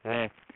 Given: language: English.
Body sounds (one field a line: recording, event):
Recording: throat vibration sensor signal played as sound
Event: speech